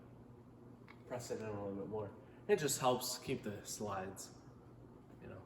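A metal tool chest drawer that stopped just short of closed is pressed in a little further until its tab latches with a click at 0.9 s, the click confirming the drawer is latched. Someone talks throughout.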